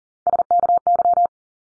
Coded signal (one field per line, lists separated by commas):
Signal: Morse code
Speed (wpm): 40 wpm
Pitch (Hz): 700 Hz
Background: none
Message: SKY